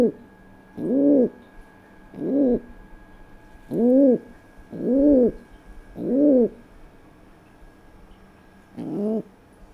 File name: pigeon biset